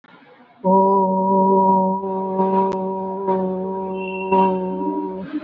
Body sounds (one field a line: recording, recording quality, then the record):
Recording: sustained vowel as in boot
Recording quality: moderate, slight background noise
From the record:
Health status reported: recovered from COVID-19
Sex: female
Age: 51 years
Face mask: worn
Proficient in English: yes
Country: India